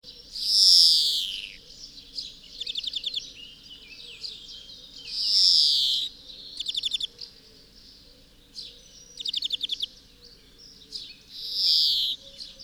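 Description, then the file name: European greenfinch giving three long, hoarse, nasal wheezes, with quick bursts of chattering twitter notes between them. "Chloris chloris"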